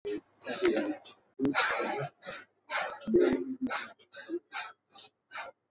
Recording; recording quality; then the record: shallow breathing; excellent, no background noise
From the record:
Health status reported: exposed to COVID-19, no respiratory illness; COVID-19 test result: negative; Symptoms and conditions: cough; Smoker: not ticked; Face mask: not worn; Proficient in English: yes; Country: India